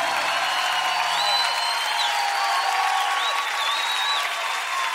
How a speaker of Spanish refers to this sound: Ríndele ese aplauso más fuerte a Jesucristo el Salvador.